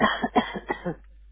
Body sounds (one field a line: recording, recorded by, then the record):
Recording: voluntary cough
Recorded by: telephone call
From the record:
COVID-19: negative